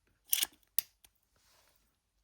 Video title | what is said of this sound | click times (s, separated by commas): The Masters Lazer Screwdriver Nawya Replica | And just do it again, just so you can all hear the click. | 0.8 s